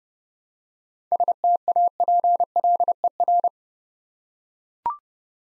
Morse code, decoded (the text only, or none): STAPLER